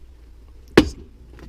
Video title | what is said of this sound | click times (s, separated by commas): CRZ Hybrid IMA Battery Fan. How to get at it. | So we're going to pull this back panel out, and it just pops loose from the bottom. You can hear the snaps popping loose. | 0.8 s